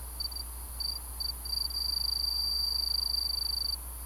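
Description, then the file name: Kinhibari cricket song: a high, thin, pure trill in short bursts that merges into one steady trill lasting about two seconds, over faint steady hum. Recorded on 6 May 2015. "20150506 A-kinhibari"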